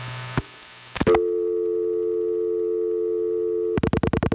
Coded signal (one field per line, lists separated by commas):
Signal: telephone call progress tone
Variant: North America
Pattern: dial tone